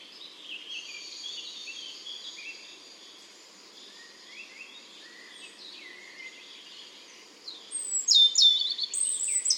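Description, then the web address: European robin song with long soft high warbled phrases, followed near the end by a louder, quick, tinkling flourish. "SETE Erithacus rubecula"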